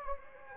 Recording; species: mosquito wingbeat signal from an infrared sensor; Anopheles gambiae